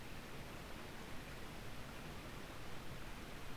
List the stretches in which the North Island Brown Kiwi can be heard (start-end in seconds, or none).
none